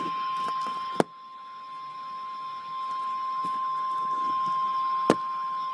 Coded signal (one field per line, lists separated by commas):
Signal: Emergency Alert System (SAME) tones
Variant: 1050 Hz attention tone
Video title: REAL EAS 643-Severe thunderstorm warning